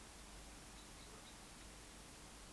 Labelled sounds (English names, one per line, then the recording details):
Common Blackbird
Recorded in Germany
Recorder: ecoPi